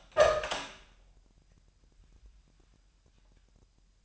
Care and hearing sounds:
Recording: daily activity, microphone in the room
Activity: open door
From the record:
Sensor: 2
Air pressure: 998.3 hPa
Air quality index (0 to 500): 138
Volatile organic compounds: 4 ppm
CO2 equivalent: 1566 ppm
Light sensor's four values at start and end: 12/35/14/14 and 12/35/14/14

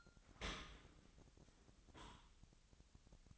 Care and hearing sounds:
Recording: daily activity, microphone in the room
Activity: open dishwasher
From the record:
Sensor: 3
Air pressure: 1003.1 hPa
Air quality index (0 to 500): 196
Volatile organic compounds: 6 ppm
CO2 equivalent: 1910 ppm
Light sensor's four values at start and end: 20/50/21/22 and 20/50/21/22

